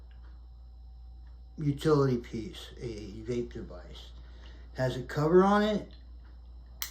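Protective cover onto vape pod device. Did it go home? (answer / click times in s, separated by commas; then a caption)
yes / 6.8 s. Someone talks about a V-mate vape device that has a protective cover, then fits the cover onto the vape pod device. A sharp snap-like click at 6.8 seconds marks the cover clicking into place, which blocks UV light.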